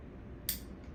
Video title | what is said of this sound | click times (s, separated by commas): Rumi Manipulator | until it clicks, and until this white line is lined up with the black line there. | 0.5 s